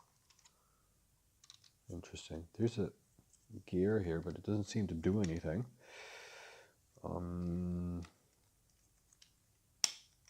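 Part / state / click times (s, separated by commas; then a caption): plastic model kit part into the kit's frame / seated / 9.8 s. A plastic part of a Zoids Wild Grachiosaurus model kit is pressed onto the kit's frame while someone talks. There is a hum-like tone around 6 s and a buzzy tone from about 7 to 8 s. The part snaps home with a sharp snap at 9.8 s and is seated in place.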